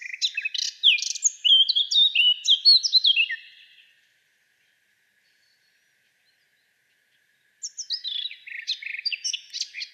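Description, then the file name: Eurasian blackcap song in two bursts: a varied, fast warble of whistled and scratchy notes lasting about four seconds, a silent gap, then another warbled phrase begins. "Sylvia atricapilla"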